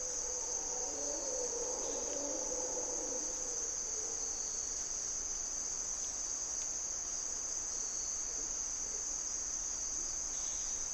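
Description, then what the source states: Mantled howler monkeys roar in a deep, droning surge during the first few seconds that then fades, under a continuous high insect trill. Howlers, locally called Monos Congos, waking the jungle at morning twilight in Parque Nacional Corcovado, Osa Peninsula, Costa Rica; males heard for kilometers; calls echo through primary hardwood forest and a deep river valley.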